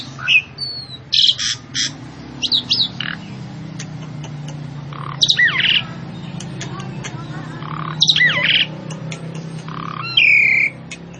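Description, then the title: Javan pied starling giving scattered harsh squawks and whistled notes at intervals, with quiet gaps between bursts and a low steady hum underneath. Female, described as vocal and persistent. "Burung Jalak Suren Betina Gacor Ngotot"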